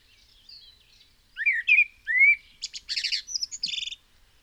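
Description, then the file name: Common blackbird song: a low fluty whistled phrase of rising notes, then a burst of high, squeaky, scratchy twittering to finish. "Turdus merula"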